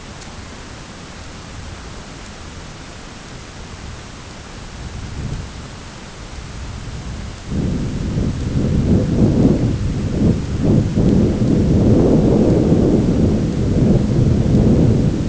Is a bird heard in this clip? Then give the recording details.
no. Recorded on Arctic tundra, site ZACK-1, on 10 June 2019. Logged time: 15:49